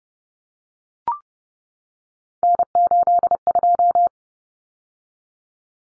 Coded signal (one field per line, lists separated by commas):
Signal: Morse code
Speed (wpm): 30 wpm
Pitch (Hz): 700 Hz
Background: none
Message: N82